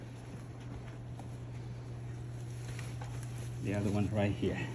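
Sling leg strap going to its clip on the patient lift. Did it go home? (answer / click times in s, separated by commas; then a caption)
no / none. The leg strap of a patient lift sling is pulled up and positioned, ready to go to its clip on the lift, with only soft handling noises over a steady low hum while someone talks. The strap has not been clipped yet, so nothing has clicked or seated.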